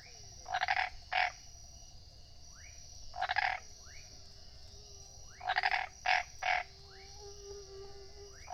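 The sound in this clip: Tree frog croaks come in paired and tripled grating bursts, interspersed with thin rising chirps over a constant faint high-pitched hum.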